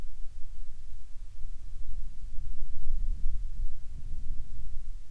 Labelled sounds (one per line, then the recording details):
near silence
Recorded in the Prudhoe Bay oil fields, Alaska, on 10 July 2019 at 14:28
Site 14